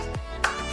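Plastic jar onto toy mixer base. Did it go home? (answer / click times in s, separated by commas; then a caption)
yes / 0.4 s. A plastic jar is twisted onto a toy mixer/juicer base while someone talks, with a sharp click at 0.5 s as it locks in place. The jar is then seated and will not come off unless turned the other way.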